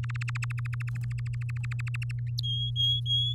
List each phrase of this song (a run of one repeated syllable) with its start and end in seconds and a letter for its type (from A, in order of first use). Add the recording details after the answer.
0.03-2.11 A, 2.43-3.34 B. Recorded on 7 May 2018 at 16:54. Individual llb16